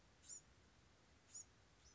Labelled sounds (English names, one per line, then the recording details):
Bewick's Wren
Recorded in Sonoma County, California